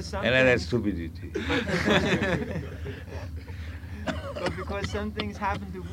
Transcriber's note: laughter